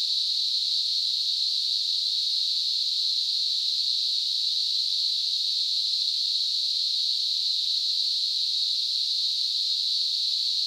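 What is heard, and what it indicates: A steady, high-pitched hissing band of noise centred around 4 kHz holds at a constant level for about eleven seconds, with no breaks or pulsing. This is a simulated tinnitus sound, imitating the continuous ringing or hissing heard in the ears.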